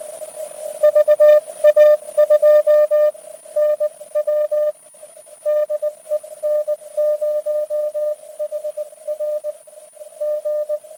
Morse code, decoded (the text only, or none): VA2NW DE N0HR G